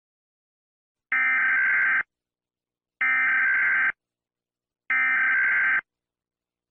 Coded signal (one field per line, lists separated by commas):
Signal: Emergency Alert System (SAME) tones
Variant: header bursts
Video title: EAS scenario #5 hide out